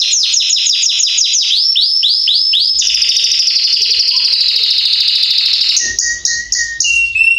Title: Esquente Seu Filhote E Canario Belga Em 30 Minutos Macho Cantando Muito. Canrio Belga Salsa Estourado - Esquente em 30 minutos